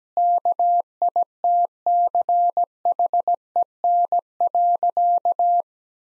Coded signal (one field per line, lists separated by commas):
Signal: Morse code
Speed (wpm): 17 wpm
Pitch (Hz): 700 Hz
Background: none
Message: KITCHEN.